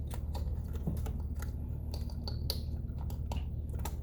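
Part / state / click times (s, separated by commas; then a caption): ignition coil pack onto spark plug in cylinder head / seated / 2.5 s. A stubborn ignition coil pack on a 2014-2019 Nissan Sentra is lined up and pushed down onto the spark plug in the cylinder head, over a steady low hum. Several small sharp ticks are heard, with the loudest, brightest click at 2.5 s, when the coil pack seats on the spark plug.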